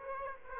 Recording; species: mosquito wingbeat signal from an infrared sensor; Aedes aegypti